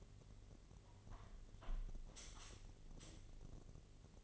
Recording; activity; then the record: daily activity, microphone in the room; close window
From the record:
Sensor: 4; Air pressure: 1007.4 hPa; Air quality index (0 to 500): 199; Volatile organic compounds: 7 ppm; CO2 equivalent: 1987 ppm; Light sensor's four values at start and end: 23/73/28/27 and 23/73/28/27